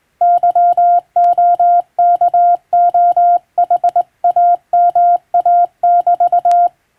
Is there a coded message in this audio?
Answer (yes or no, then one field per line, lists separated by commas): yes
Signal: Morse code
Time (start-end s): 0.2-6.7 s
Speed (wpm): 20 wpm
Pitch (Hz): 700 Hz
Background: none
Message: YOKOHAMA<BT>